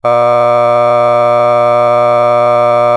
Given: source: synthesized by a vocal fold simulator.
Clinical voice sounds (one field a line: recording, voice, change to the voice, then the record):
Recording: sustained vowel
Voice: male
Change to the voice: a random mix of aspiration noise, stiffness perturbation and strain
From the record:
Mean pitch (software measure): 120 Hz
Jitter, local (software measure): 0.75%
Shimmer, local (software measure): 1.5%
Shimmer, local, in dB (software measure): 0.13 dB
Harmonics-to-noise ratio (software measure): 20.9 dB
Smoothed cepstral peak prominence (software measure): 20.7 dB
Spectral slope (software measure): -16.3 dB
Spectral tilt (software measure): -10.2 dB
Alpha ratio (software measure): -6.8 dB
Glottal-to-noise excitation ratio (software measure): 0.989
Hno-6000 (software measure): 2.2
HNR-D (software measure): 31.4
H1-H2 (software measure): 3.6 dB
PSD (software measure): 5.6e-05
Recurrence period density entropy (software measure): 0.116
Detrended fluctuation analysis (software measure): 0.0365